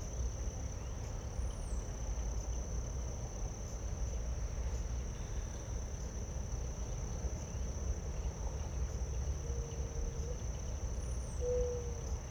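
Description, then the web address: Cricket chorus as a continuous high ringing trill, with a couple of soft low coos near the end over a low rumble. Late summer; doves also present. "Kerman Eckes WIB-Electa Quinney. Late Summer Crickets, Doves"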